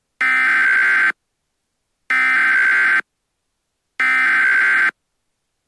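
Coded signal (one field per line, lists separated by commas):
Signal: Emergency Alert System (SAME) tones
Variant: header bursts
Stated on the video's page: Fictional EAS scenario, not a real alert.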